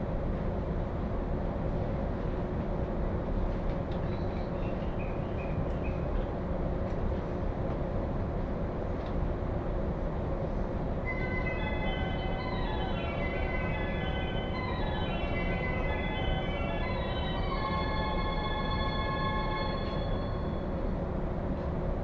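A ride aboard a Joban Line train, with a dense, steady rumble of wheels and running noise that holds an even level throughout. A low hum runs underneath, and from about eleven seconds a motor whine climbs in bright stepped tones.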